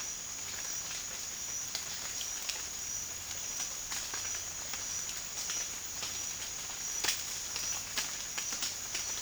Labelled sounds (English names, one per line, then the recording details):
none
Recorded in dense forest near Puerto Asís, Putumayo, Colombia, on 12 March 2025 at 07:00
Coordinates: 0.484, -76.317
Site G064